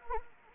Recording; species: mosquito wingbeat signal from an infrared sensor; Anopheles gambiae